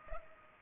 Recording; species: mosquito wingbeat signal from an infrared sensor; Culex pipiens